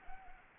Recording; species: mosquito wingbeat signal from an infrared sensor; Anopheles arabiensis